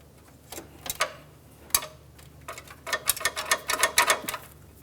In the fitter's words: felt a nice click from that.